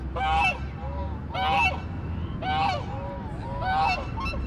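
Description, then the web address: Goose honks, four loud harsh nasal calls at roughly one-second intervals, over a low steady rumble. Urban ambience recording in a city setting. "City Sounds AMBUrbn Goose Honk, Hiss, Duck"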